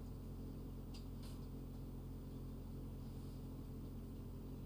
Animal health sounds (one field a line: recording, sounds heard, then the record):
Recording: poultry house recording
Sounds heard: healthy chickens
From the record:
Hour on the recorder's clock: 23